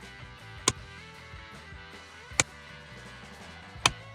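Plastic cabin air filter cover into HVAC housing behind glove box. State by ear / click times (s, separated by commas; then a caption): seated / 0.7 s, 2.4 s, 3.9 s. On a 2018–2024 Volkswagen Tiguan, the plastic cabin-air-filter access cover behind the glove box, its three bottom tabs already engaged, is pushed in from the top against the HVAC housing. Three sharp clicks ring out at 0.7 s, 2.4 s and 3.9 s over steady background music as its clips snap into the housing. The cover seats completely in place.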